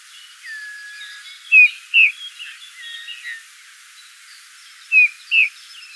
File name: Pyrrhula pyrrhula